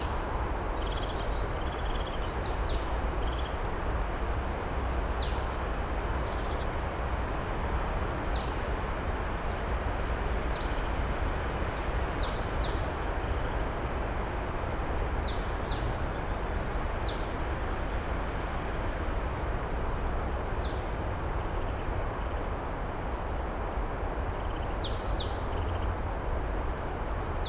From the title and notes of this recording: Heute nehme ich Euch mit zu einem Waldweg an den Toren zum Nordschwarzwald. Heute war es recht windig, aber die ersten Rückkehrer unter den Vögeln sind schon zu hören.